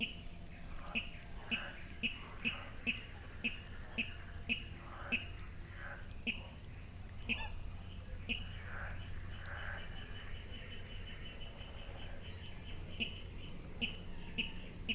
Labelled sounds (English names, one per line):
Water Rail